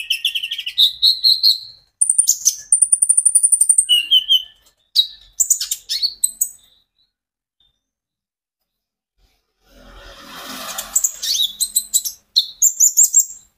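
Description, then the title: Van Hasselt's sunbird song with high chirps, thin whistled phrases and twittering runs, a long pause, then a burst of rustling noise under more chips. Steady, continuous song from a sunbird used as a lure and training song for caged sunbirds. "KOLIBRI NINJA KONIN IJOAN GACOR COCOK UNTUK PANCINGAN TERAPI KONIN"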